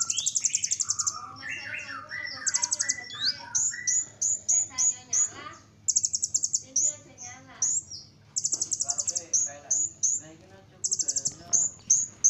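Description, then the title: Small bird singing a varied, fast song of high buzzy trills and chirps, with lower warbled phrases early on and a faint steady hum beneath. "Burung Kecil"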